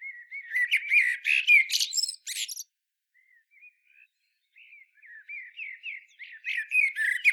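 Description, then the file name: Common blackbird song phrase of rich, fluty warbling topped by high squeaky twitters, a short near-silent gap with soft notes, then another mellow warbled phrase begins. "Turdus merula"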